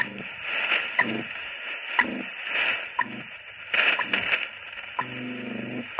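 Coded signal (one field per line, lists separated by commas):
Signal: radio time signal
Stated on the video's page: WWVH time signal received in Beijing, comparing a Sony AN-LP 1 antenna with a long wire; the antenna cuts atmospheric noise.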